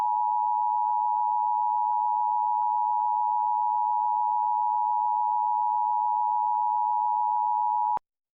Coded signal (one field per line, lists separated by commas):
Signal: Emergency Alert System (SAME) tones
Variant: 853 and 960 Hz attention tone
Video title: Optimum Beckley, WV Clear-QAM EAS Channel - Tornado Warning Test 3/25/2025 11:02 AM EDT